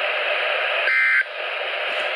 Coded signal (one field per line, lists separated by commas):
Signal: Emergency Alert System (SAME) tones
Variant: end-of-message bursts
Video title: NOAA Weather Radio EAS #218: Severe Thunderstorm Warning